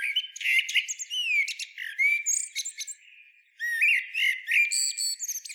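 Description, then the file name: Eurasian blackbird song of rich slurred whistles mixed with high squeaky notes, briefly pausing before resuming with more warbling and sharp twitters. "Turdus merula"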